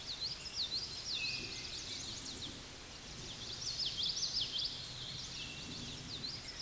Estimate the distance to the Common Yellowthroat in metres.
about 25 m